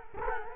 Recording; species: mosquito wingbeat signal from an infrared sensor; Culex quinquefasciatus